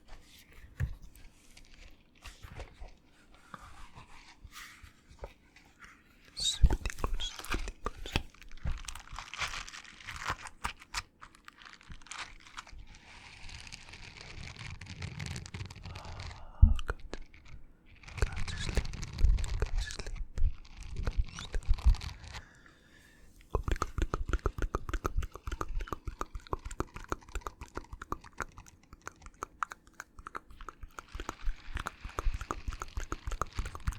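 Quiet mouth sounds: wet clicks, smacks and chewing-like crackles, dense and irregular. Soft low breathy swells rise around 14–22 seconds, and after about 23 seconds the clicking turns rapid and tapping, almost like typing, continuing to the end.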